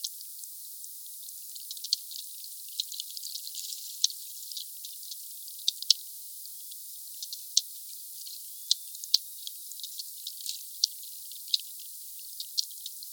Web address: Glotin Sphyrna Odyssey meute 4 Cachalots 3 kmdistance enregistre-2 msurface 12 mn Sud Monaco HP 8 k Hz ralenti 5 foisenviron 20200114 160058